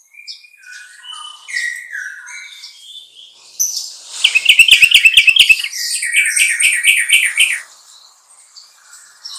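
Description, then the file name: Bulbul song: a series of slurred notes building into a dense, rapid chatter, then harsh warbling, followed by a few quieter notes. "suara kutilang trucukan"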